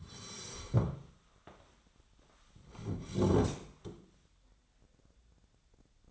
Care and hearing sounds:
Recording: daily activity, microphone in the room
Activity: sit down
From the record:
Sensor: 3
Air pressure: 1015.2 hPa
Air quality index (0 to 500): 166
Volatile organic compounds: 12 ppm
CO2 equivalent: 2372 ppm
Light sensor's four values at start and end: 13/29/12/13 and 13/35/14/15

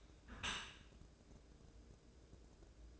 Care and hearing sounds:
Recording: daily activity, microphone in the room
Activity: close dishwasher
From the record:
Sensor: 2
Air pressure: 1012.2 hPa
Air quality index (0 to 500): 135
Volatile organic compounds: 2 ppm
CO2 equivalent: 994 ppm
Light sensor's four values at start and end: 308/753/306/312 and 306/750/305/311

